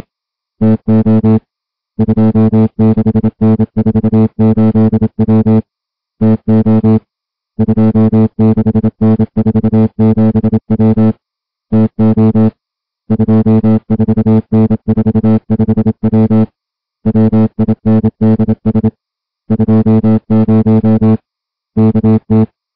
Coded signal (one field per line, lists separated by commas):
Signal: Morse code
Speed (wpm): 26 wpm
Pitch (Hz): 220 Hz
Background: music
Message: TO 26N48W TO 26N47W TO 24N45W WINDS 20 KT